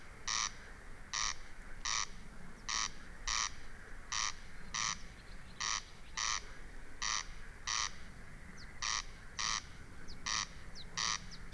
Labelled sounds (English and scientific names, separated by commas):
Corn Crake (Crex crex)